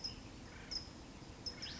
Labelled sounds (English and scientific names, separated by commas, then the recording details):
California Towhee (Melozone crissalis)
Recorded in Sonoma County, California